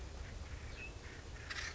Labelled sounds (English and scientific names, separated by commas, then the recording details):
Acorn Woodpecker (Melanerpes formicivorus)
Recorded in Sonoma County, California